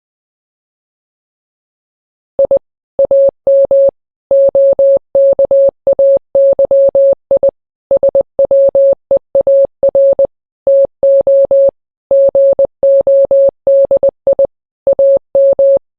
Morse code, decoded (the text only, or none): I AM OKAY I SWEAR TO GOD I AM